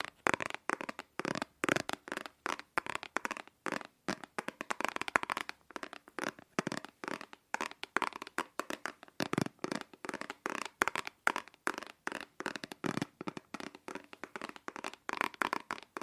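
Rapid tapping on hard objects fills the whole clip, with dense runs of sharp clicks broken by brief pauses. The pace shifts between quick flurries and sparser, slower strikes, each tap crisp and bright with little low end.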